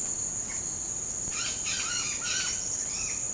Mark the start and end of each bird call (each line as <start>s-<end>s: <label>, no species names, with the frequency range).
1.31s-3.20s: bird call (0.9-6.3 kHz)